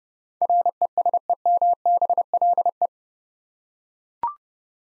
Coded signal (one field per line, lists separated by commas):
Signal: Morse code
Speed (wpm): 30 wpm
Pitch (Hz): 700 Hz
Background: none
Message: RESEMBLE